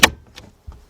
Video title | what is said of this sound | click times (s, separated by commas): ⭐ 2010 BMW 528i - Right Side Fog Light Bulb - H8 | the snaps into place I'm just going to be perpendicular right there with the housing that's | 0.0 s